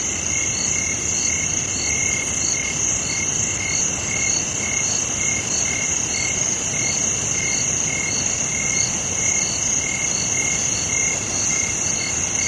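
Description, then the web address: Insects calling together: unbroken shrill buzzing high up and a lower stream of quick repeated pulses, over an even hiss. Insects in a tropical forest or jungle. "Tom Hutchings Insects Tropical"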